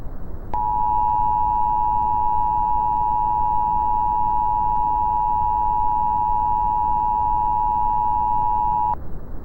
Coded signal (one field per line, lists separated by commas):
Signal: Emergency Alert System (SAME) tones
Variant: 853 and 960 Hz attention tone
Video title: NUMBERS ARE SAFE - EAS Analog Horror